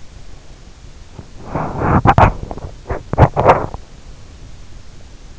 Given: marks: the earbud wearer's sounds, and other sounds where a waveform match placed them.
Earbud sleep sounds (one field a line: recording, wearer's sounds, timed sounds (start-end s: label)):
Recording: sounds in sleep by an in-ear microphone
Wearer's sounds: teeth grinding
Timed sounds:
1.21-4.13 s: teeth grinding